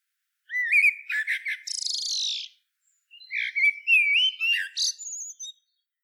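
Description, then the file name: Common blackbird song: two phrases of fluted, warbling whistles, the first breaking into a scratchy, buzzy high twitter, with a pause between them. "Turdus merula"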